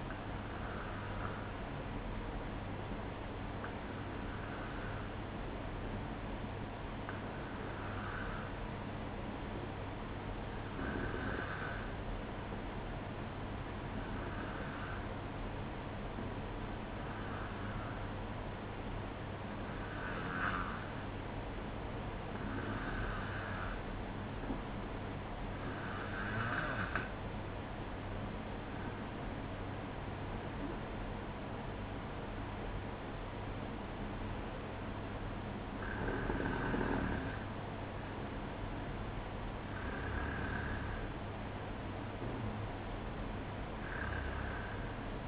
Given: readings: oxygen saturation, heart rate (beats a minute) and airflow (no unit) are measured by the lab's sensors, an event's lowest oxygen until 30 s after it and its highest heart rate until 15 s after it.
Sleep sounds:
breathing in sleep by a voice recorder at the bedside; 1
8.00-25.40 s: hypopnea (N1, oxygen 94% highest, then 91% lowest, heart rate 64 at the start, 68 highest)
12.00-42.00 s: new sleep stage, N2 (light sleep)
42.00-45.28 s: new sleep stage, N1 (lightest sleep)
From the record:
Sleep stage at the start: N1 (lightest sleep); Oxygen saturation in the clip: 91 to 94%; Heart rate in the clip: 61 to 68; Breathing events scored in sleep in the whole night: 305 in 9.6 hours asleep

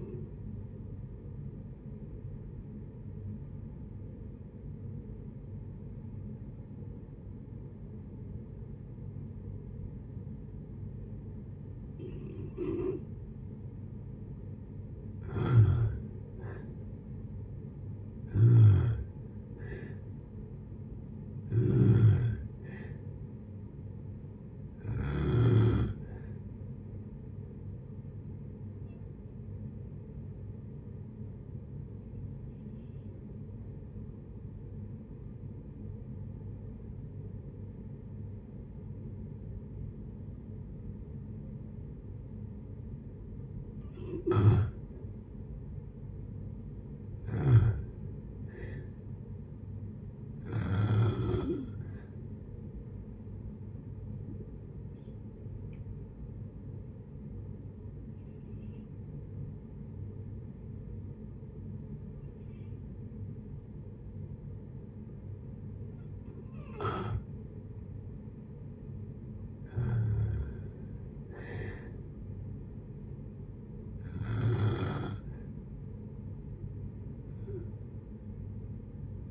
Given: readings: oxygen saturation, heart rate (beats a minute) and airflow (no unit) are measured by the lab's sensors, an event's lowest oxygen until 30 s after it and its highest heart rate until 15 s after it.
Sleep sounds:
breathing in sleep by a smartphone at the bedside; 3
3.00-15.10 s: obstructive apnea (N1, oxygen 96% highest, then 85% lowest, heart rate 58 at the start, 69 highest)
18.00-79.31 s: new sleep stage, N2 (light sleep)
26.00-46.40 s: hypopnea (N2, oxygen 95% highest, then 86% lowest, heart rate 69 at the start, 69 highest)
53.00-68.60 s: hypopnea (N2, oxygen 92% highest, then 86% lowest, heart rate 67 at the start, 67 highest)
From the record:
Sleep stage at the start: N1 (lightest sleep); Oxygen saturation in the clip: 84 to 96%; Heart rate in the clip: 55 to 69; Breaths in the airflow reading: 13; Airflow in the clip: -5.5 to 7.9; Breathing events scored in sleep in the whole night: 496 in 5.4 hours asleep

